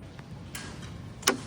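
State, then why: Torque reached. A light torque wrench tightens the second screw holding an elevator nut; after the screw bites, it turns about a quarter turn until the wrench clicks at its setting. Faint ticks and a soft scrape come before a sharp click at 1.3 s.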